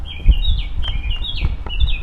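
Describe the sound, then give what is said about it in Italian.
Birds chirp in a steady stream of high, thin tweets and trills, repeating without pause, while soft low thuds sound irregularly underneath, in the silent, ruined streets of a closed-off red zone among barred doors and destroyed houses. No one speaks. “Un silenzio dove i passi fanno rumore e il cinguettio degli uccelli è l'unica voce viva tra porte sbarrate e squarci rimasti aperti sugli interni di case distrutte.”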